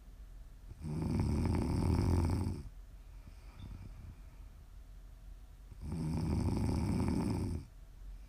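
Two long, loud, low rumbling snores from a sleeping adult, about five seconds apart, with quiet breathing in between.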